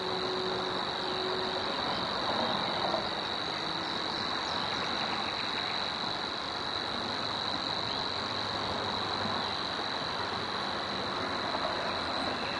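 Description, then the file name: Savi's warbler reeling steadily, a thin constant buzz over a loud, dense background chorus. Recorded at Zakole Wawerskie on 3 May 2012 at 7:31. "2012-05-03-zakole-wawerskie-7-31-brzeczka"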